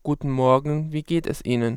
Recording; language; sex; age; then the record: spoken sentence; German; male; 30 to 39 years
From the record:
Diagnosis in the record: mutational falsetto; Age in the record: 34 years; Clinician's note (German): Verlaufskontrolle vor Abschluß der Therapie